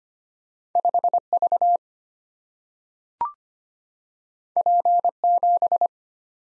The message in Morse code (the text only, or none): 5V P7